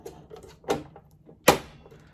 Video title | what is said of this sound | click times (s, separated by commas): Brother PE800 Embroidery Machine Getting it Ready to Use | Then that actually snaps in place. Now my hoop is secure and ready to go. | 1.5 s